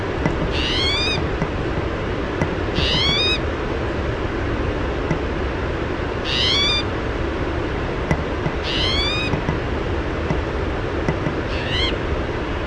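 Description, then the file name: Spotted towhee mewing five times, each call a short descending nasal whine, spaced two to four seconds apart over a continuous low background rumble. "SPTO mew"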